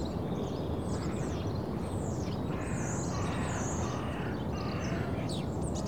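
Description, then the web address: Birds singing in a busy chorus of high chirps and warbled phrases over a steady low rumble of background noise. Suburban birds in early morning. "BBC Sound Effects Library - Suburbia Early Morning Suburban Birds"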